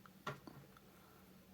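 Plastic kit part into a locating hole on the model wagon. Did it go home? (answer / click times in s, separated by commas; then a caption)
yes / 0.3 s. A small plastic part, possibly the tank mounting or end piece, from a Dapol Esso tank wagon model kit is pushed with a dab of glue into its locating hole on the wagon. It seats with a sharp plastic click at 0.3 s in a tight fit, preceded and followed by a few faint ticks against a low steady hum.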